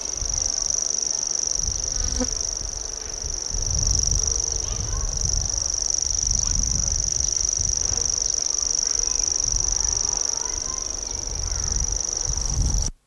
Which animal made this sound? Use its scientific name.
Locustella naevia